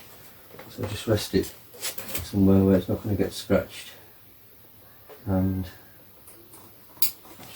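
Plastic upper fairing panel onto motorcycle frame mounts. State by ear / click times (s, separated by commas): seated / 7.0 s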